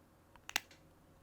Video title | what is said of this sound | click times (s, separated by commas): Cómo Cambiar la Pila de la Llave Toyota (Corolla, Camry, etc.) - ¡Hazlo en 2 Minutos! | y se escucha el clic de apertura. | 0.5 s, 0.6 s